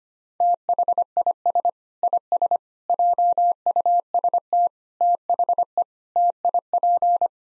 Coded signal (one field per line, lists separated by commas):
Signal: Morse code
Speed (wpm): 25 wpm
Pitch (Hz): 700 Hz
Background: none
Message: THIS IS JUST THE TIP